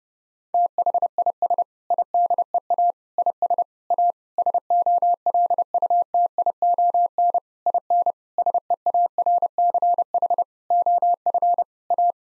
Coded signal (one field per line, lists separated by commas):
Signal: Morse code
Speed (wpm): 32 wpm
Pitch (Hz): 700 Hz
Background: none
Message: THIS IDEA IS A SOLUTION IN SEARCH OF A